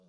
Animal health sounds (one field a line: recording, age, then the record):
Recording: pig call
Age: piglet (1 to 25 days)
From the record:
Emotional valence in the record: positive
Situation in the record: short reunion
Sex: male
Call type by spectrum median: low-frequency call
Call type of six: low-frequency stable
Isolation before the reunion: 3 minutes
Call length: 0.09 s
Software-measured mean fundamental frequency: 40 Hz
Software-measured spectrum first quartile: 182 Hz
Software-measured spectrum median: 402 Hz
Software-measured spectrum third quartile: 944 Hz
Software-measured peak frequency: 175 Hz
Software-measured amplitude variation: 9 dB a second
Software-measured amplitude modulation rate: 11.7 a second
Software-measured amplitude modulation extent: 0.7 dB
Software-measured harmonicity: 5.0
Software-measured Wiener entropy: -0.22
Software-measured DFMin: 857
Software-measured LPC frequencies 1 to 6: 528, 2829, 3537, 4483, 5686, 6133 Hz